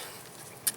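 A new wedge-base front turn signal bulb for a 2011 Toyota Tundra is pressed down into its black plastic socket until it seats. After a quiet stretch of low background noise, a sharp click lands at 0.7 s, followed by a faint tick at 0.8 s, and the bulb ends up down deep in the socket.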